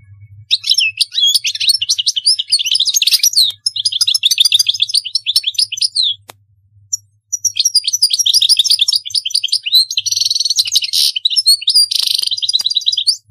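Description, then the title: European goldfinch pouring out long, continuous twittering song of tinkling chirps and buzzy rattles, broken by brief pauses. "Chant Chardonneret"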